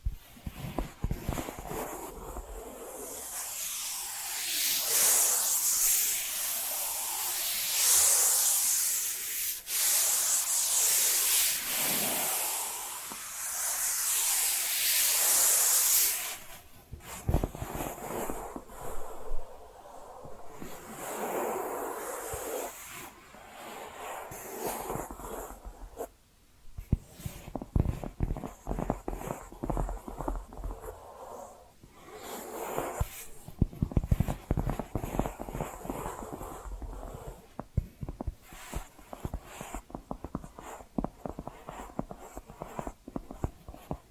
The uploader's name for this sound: Hypnotic Tapping & Scratching Sounds